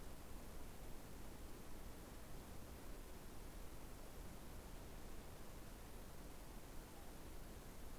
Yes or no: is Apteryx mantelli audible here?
no